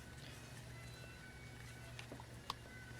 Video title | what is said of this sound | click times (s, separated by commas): Snow Brush Repair: Bent Bristles And Broken Plastic Bracket For Squeegee | There it is. Just clicked into place. | 2.5 s